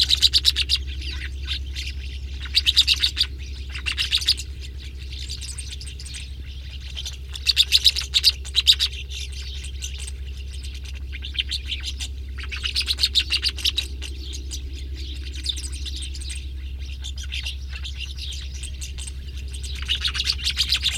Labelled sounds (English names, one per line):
Rosy Starling song